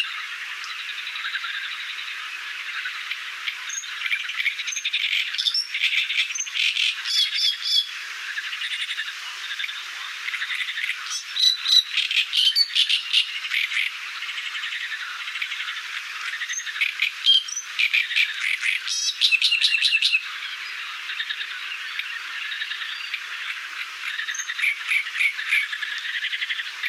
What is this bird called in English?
Great Reed Warbler